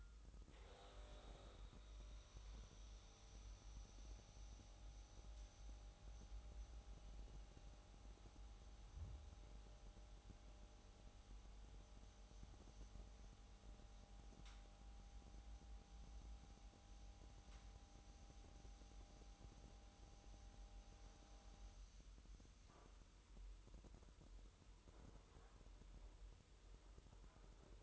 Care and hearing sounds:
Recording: daily activity, microphone in the room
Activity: make coffee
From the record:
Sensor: 3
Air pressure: 988.4 hPa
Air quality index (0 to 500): 190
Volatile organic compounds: 249 ppm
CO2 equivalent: 4359 ppm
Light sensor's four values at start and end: 23/73/31/26 and 23/73/31/26

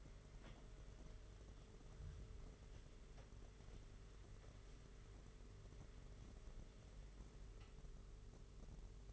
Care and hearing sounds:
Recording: daily activity, microphone in the room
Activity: wipe stove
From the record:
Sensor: 4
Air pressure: 992.3 hPa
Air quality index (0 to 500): 110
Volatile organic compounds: 18 ppm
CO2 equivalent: 2635 ppm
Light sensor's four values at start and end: 22/76/28/29 and 22/76/28/29

